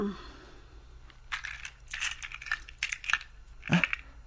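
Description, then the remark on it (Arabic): Metal keys jingle and clink in a series of bright, rattling bursts as basement keys are taken from a key cabinet, with a sharper clatter near the end, over a low steady hum. “افتحي خزانة المفاتيح وهاتي مفاتيح البدروم.”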